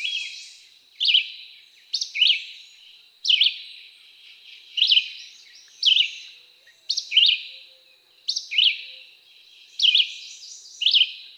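Red-eyed Vireo song: short, slurred whistled phrases, some rising and some falling, repeated with brief pauses, over a steady high hiss.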